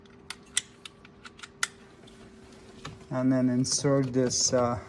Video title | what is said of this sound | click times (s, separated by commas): 2010-2015 Lexus RX350 RX450h Driver Side Knee Airbag Replacement Instructions | Plug them in until they click. | 0.6 s, 1.6 s